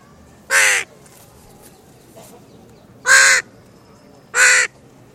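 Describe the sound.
Bird giving three harsh, cawing calls, each short and loud, the first alone and the last two closer together, over quiet background.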